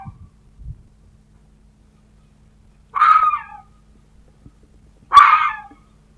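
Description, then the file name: Red fox giving two hoarse, screeching barks about two seconds apart after a few soft low thumps, with quiet background otherwise. "Лиса"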